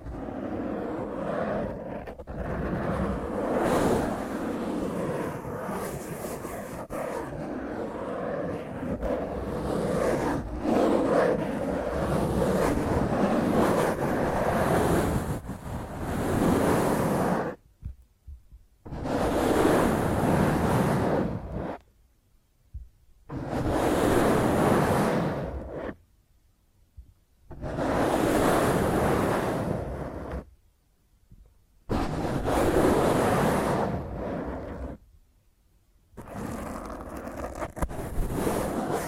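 Rough scratching of fingernails against a microphone, a dense, gritty rasp that runs continuously for the first seventeen seconds. After that it breaks into separate bursts of about three seconds each, with short dead-silent gaps between them, ending on a final burst.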